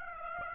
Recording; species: mosquito wingbeat signal from an infrared sensor; Aedes aegypti